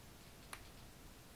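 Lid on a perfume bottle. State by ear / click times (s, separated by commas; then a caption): seated / 0.5 s. A lid is pressed onto a pink perfume bottle and clicks into place. The click is a single short, faint tick at 0.5 s. The lid is seated on the bottle.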